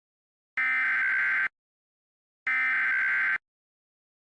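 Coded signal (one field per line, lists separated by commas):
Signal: Emergency Alert System (SAME) tones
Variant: header bursts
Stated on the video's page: Fictional scenario alert for a nuclear missile attack on Hawaii; the tones are stated to be valid EAS tones.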